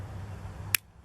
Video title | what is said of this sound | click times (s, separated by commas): Best Trekking Poles 2019 - Trekking Pole Review | and you'll feel the resistance it'll it should clip or click | 0.8 s